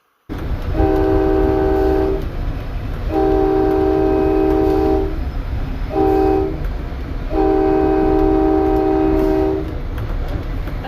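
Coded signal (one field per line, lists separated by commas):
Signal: train horn signal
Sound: chord train horn blows long, long, short, long over rumbling train noise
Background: train rumble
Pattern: 2 long, 1 short, 1 long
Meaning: Two long, one short, one long warns of approach to a public grade crossing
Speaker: These horn combinations may sound pretty random to a casual observer, but actually each sequence has its own meaning.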